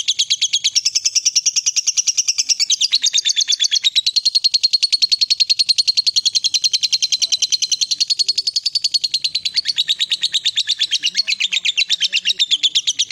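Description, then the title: Lovebird pouring out a long, rapid, buzzy chatter of evenly pulsed notes, wavering slightly in pitch throughout. The lovebird's style is said to make it look very good at provoking or luring other birds into calling. "Dari Gayanya Lovebird Ini Terlihat Pintar Sekali Memancing"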